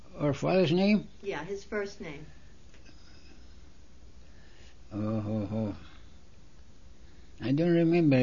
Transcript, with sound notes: Our father's name?
Yeah. His first name.
( he pauses ) I don't remember.